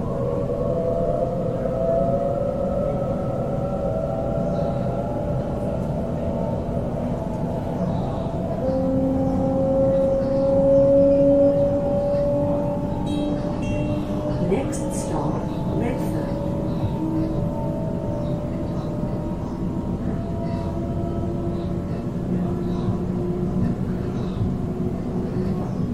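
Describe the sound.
A train rumbles steadily, its low drone joined by gliding whining tones that rise and fall, loudest around ten seconds, with faint clanks.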